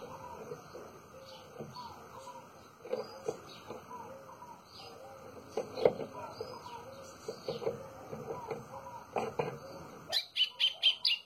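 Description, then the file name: White-throated seedeater: after background whistles from other birds and scattered knocks, a short burst of loud, buzzy, high notes near the end. "canto do golinho"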